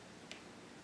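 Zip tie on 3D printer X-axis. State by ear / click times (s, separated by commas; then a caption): seated / 0.3 s. A plastic zip tie is pushed all the way in and pulled tight around an X-axis part of a Prusa i3 RebeliX 3D printer. Against a low, steady background, a single short, bright click sounds at 0.3 s as the ratchet catches. The tie is tied up and seated.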